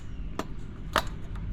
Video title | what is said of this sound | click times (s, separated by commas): Kubota Kommander Z125s 100 hr Service | same thing should hear it pop on there | 1.0 s